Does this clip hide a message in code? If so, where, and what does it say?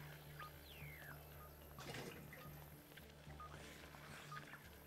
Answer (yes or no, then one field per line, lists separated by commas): no